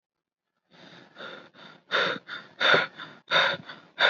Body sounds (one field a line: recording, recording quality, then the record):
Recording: shallow breathing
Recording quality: excellent, no background noise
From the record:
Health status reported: recovered from COVID-19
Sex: male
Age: 25 years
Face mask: not worn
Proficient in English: yes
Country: India